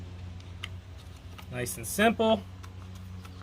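Someone talks while a plastic trimmer head cover with its insert is handled and brought back toward the trimmer head's spool housing, with a few faint ticks and light handling sounds. Nothing has seated or clicked yet; the cover is not yet home on the housing.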